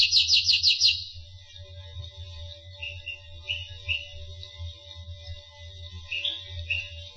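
Finch song: a short burst of fast high chirps at the start, then softer scattered chirps and thin whistles, with a steady low hum underneath.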